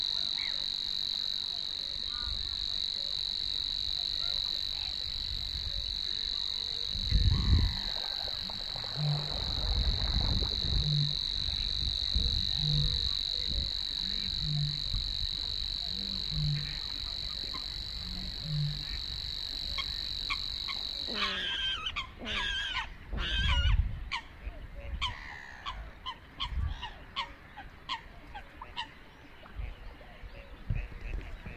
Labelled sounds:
Savi's Warbler (Locustella luscinioides) song
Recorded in the wild
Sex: male
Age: adult
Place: Warsow, Kummerower See, Mecklenburg-Vorpommern, DE
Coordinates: 53.8364, 12.8372
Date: 2012-05-24 05:24
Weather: 8°C, sunny, weak winds from NE
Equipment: Sound Devices 702, Sennheiser MKH 70, Rycote Windschutz
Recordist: Frommolt, Karl-Heinz

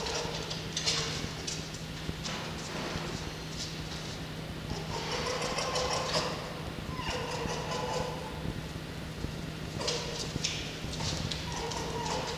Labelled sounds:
Red Fox (Vulpes vulpes)
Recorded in captivity
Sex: pair
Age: adult
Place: Zoologisches Institut der HUB, Berlin, DE
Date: 1952-07-16 14:30
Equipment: Elmetra
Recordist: Tembrock, Günter
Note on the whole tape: Fiffi: Muffen (mit Fleisch); Jupp: Muffen (mit Fleisch)

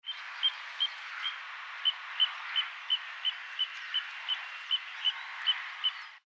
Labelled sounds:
Eurasian Dotterel (Charadrius morinellus)
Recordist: Tembrock, Günter
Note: Rufreihen

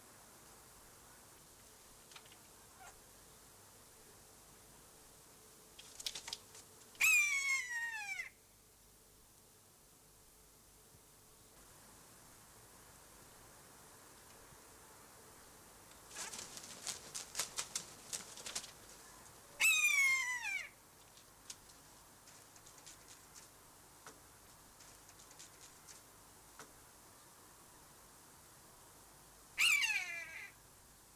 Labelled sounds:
Common Buzzard (Buteo buteo) call
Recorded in captivity
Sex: group
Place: Zoo Halle, Sachsen-Anhalt, DE
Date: 2003-10-19 15:34
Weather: heiter, ca. 3-4°C
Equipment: Fair Mate ST-1328 (Asahi Electronics, Japan), Sennheiser ME 80, Kopie Uher 4000 Report Monitor
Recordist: Tembrock, Günter

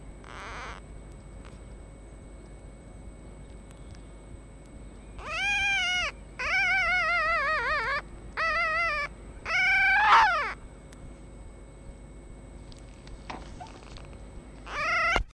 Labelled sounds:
Red Fox (Vulpes vulpes)
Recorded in captivity
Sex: male
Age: juvenile
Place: Zoologisches Institut der HUB, Berlin, DE
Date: 1956-05-01 12:40
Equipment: Elmetra
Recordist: Tembrock, Günter

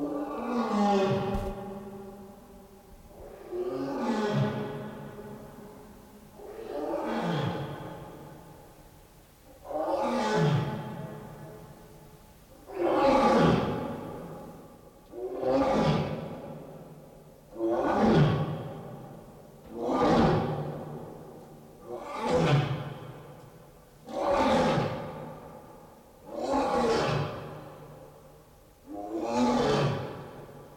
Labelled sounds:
Leopard (Panthera pardus)
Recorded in captivity
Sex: female
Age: adult
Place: Tierpark Berlin, Berlin, DE
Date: 1993-12-18 12:35
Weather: bedeckt, 2°C
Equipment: Marantz CP 430, Sennheiser MKH 416 T, Kopie Uher Variocord 263
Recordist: Tembrock, Günter

